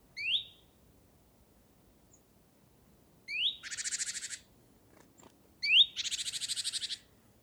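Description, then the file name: Great tit calls: a short rising whistle on its own, then twice a rising whistle followed by a dry buzzy churring rattle, over a quiet background. "Parus major"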